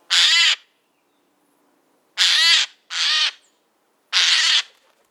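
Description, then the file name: Eurasian jay uttering four hoarse, tearing screeches, the middle two following close together, the others separated by pauses. "Garrulus glandarius"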